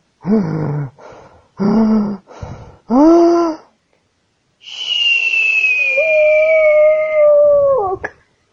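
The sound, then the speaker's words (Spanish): A few short, strained voiced bursts give way to one long, steady whistle that slides slowly downward in pitch before cutting off, as if a voice is imitating it; a little tyrannosaurus's attempted roar that comes out as a whistle. “Pero eso no es un rugido, eso es un silbido, dijo Cera.”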